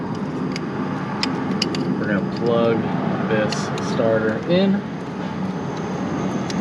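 On a 2017 Honda Accord 2.4 getting a starter replacement, the wiring harness plug is handled at the new starter motor while someone talks, with a few sharp ticks and a steady low background hum. Nothing has seated or clicked yet; the clip ends just before the connector goes home.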